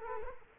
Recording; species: mosquito wingbeat signal from an infrared sensor; Culex quinquefasciatus